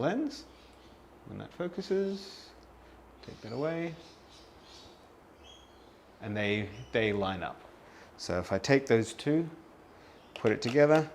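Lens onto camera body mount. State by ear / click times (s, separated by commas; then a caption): not seated / none. Someone talks while a lens is moved and lined up with the marks on a dental camera body, ready to be put together with the mount and twisted home. Only faint handling sounds are heard between the speech, and nothing has seated or clicked yet.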